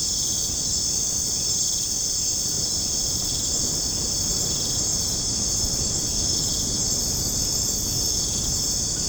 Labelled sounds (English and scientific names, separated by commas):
none